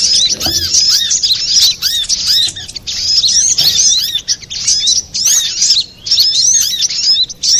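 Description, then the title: Little spiderhunter singing a shrill, fast, chattering stream of high chirps in bursts, with short pauses and a faint low thump near the start. Master recording for training cage birds. "Masteran Burung Sogok Ontong Labaik"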